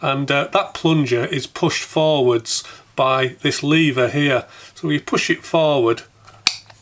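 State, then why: Seated. Someone talks while the spring-loaded plunger lever of a Duratool metal-bodied heated desoldering pump is pushed forward. At 6.5 s a sharp click sounds as the lever locks into place, held by the release button.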